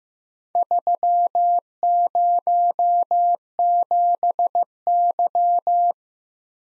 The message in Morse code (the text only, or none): 307Y